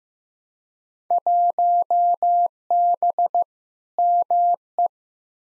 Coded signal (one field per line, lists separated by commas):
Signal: Morse code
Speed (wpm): 16 wpm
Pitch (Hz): 700 Hz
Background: none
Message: 1B ME